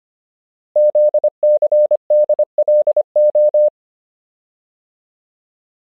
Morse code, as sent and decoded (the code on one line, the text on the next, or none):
--.. -.-. -.. .-.. ---
ZCDLO